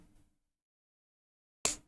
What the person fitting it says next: Okay. Clicked into place.